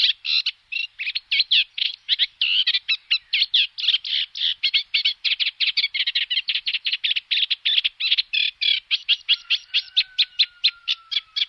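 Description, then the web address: Reed warbler song, a steady run of chattering, scratchy notes repeated several times a second without pause, with a faint thin falling whistle near the end. "Karekiet"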